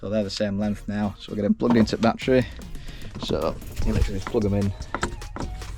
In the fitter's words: like so. There's a little click, and we'll have to wire the it's